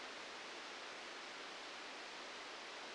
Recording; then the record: brain microelectrode recording played as sound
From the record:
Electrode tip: outside the subthalamic nucleus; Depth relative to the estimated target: 1 mm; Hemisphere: left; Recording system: NeuroSet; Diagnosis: Parkinson's disease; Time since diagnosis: 13 years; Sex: male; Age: 65 years